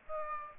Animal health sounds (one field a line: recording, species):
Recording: mosquito wingbeat signal from an infrared sensor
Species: Aedes aegypti